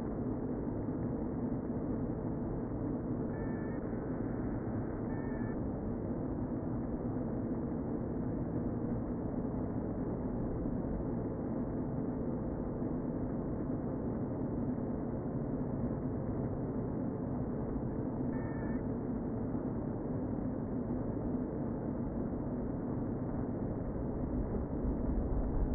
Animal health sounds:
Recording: honeybee colony, microphone inside the hive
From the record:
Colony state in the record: queen present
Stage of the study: before two queens were removed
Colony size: about 60,000 bees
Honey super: yes

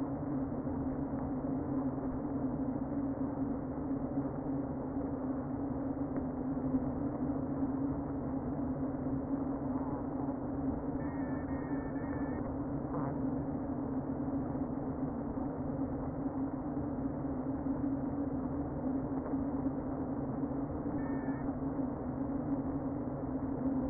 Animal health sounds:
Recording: honeybee colony, microphone inside the hive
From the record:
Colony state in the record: queen present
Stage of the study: before two queens were removed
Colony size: about 60,000 bees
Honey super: yes

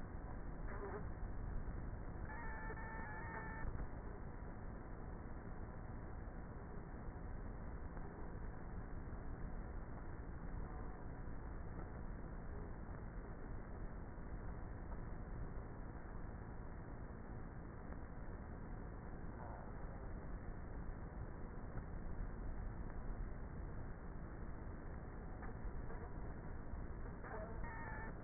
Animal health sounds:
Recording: honeybee colony, microphone inside the hive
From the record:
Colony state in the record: queenless with a low population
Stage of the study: before two queens were removed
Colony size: about 30,000 bees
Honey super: no

